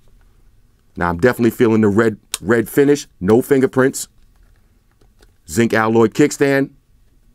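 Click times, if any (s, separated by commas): none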